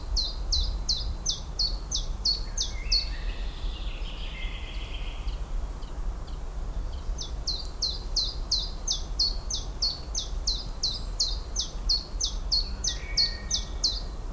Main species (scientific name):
Phylloscopus collybita